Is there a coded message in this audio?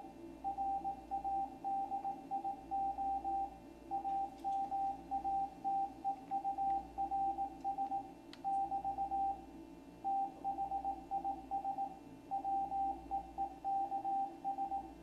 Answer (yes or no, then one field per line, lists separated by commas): yes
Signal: Morse code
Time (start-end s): 0.5-14.8 s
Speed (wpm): 18 wpm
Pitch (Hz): 790 Hz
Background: radio noise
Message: RADIO AMATEURS <BT> THIS WEEKS